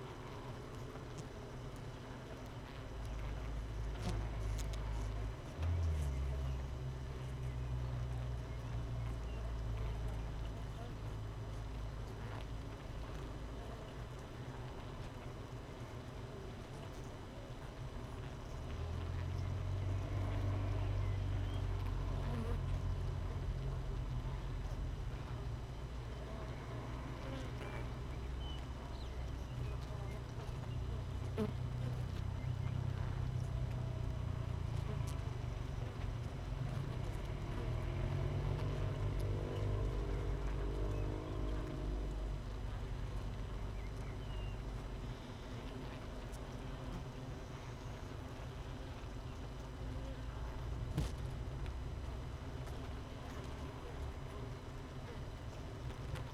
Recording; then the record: honeybee colony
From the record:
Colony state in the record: missing queen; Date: 31 May 2018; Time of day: 6:50